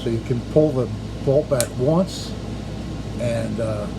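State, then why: Not seated. Someone talks over a steady low hum while handling a Crosman 150/157 CO2 air pistol, about to pull the bolt back once so the hammer catches at the first click, the low power setting. The clip ends before that happens, and nothing has clicked or seated yet.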